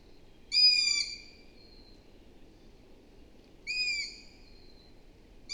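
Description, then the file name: Long-eared owl uttering two long, high, squeaky calls three seconds apart, a third just starting at the end, over a faint steady hiss. "Hibou moyen-duc - Asio otus"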